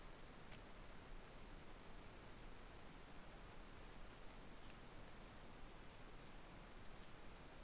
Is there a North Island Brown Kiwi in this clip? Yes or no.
no